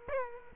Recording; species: mosquito wingbeat signal from an infrared sensor; Aedes aegypti